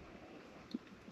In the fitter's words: got it clicked in all the way? Yeah. Always double check that.